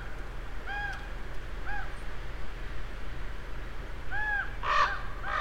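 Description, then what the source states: Raven calls: short, hollow, arched notes spaced roughly a second or more apart, ending with a couple of louder, rougher croaks, over a low background hum. Several ravens, recorded on 23 October 2008.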